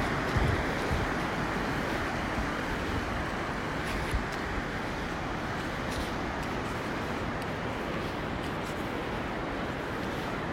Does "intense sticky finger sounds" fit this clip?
no